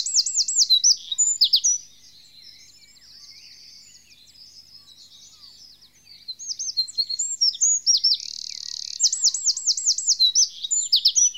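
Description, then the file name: Eurasian wren song: loud high bursts of rapid looping notes and fast trills, a quieter jumbled stretch in the middle, then more ringing trills and chattering phrases. "winterkoning"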